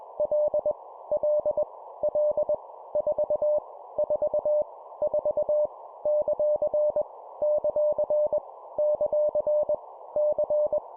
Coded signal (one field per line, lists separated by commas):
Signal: Morse code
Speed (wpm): 21 wpm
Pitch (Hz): 600 Hz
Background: none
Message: L L L 4 4 4 ; ; ; C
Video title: 20wpm Repeat three times Random Letter Number Punctuation, cw morse code practice